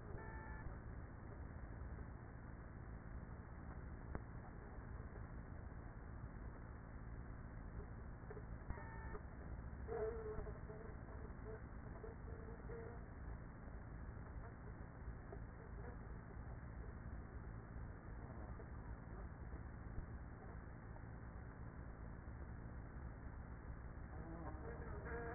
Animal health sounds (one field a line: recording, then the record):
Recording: honeybee colony, microphone inside the hive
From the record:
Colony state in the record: queenless with a low population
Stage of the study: after two queens were removed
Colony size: about 30,000 bees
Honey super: no